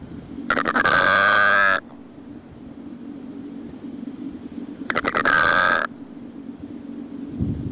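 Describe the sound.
Secretarybird croaking calls: two harsh, pulsed, rasping bursts about four seconds apart, each lasting roughly a second, over a low steady hum.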